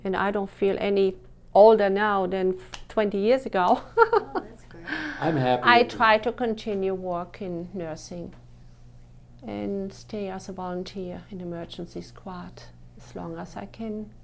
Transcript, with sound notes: And I don't feel any older now than twenty years ago. ( she laughs )
I'm happy here, too.
I try to continue working nursing, and stay as a volunteer in emergency squad, as long as I can